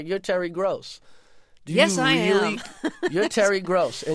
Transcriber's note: laughter